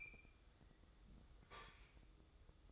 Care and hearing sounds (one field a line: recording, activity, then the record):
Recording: daily activity, microphone in the room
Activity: open fridge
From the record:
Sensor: 3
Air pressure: 995.3 hPa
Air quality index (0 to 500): 77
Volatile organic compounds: 5 ppm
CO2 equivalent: 1813 ppm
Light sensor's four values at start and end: 19/56/24/20 and 19/56/24/20